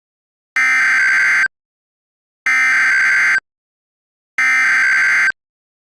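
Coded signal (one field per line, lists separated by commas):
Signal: Emergency Alert System (SAME) tones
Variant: header bursts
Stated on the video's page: Fictional, simulated alert scenario.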